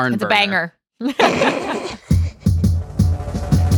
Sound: chuckle